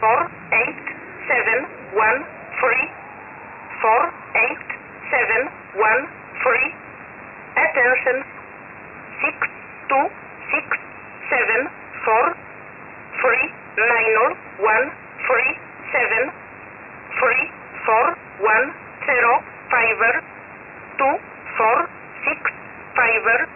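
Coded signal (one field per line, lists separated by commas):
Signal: numbers station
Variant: E11 Oblique, English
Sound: short evenly spaced spoken words or numbers over a narrow, radio-filtered voice channel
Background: radio static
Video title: 11 11 2021 Number station E11 Oblique in English to Eu 0827 on 5149 unknown tx site in USB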